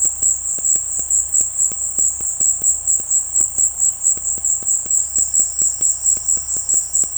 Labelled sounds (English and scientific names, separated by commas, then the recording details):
none
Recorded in dense forest near Puerto Asís, Putumayo, Colombia, on 21 February 2024 at 17:30
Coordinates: 0.487, -76.319
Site G6403